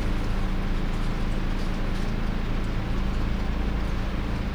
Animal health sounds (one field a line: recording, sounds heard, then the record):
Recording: poultry house recording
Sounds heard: no chicken sound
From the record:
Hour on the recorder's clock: 20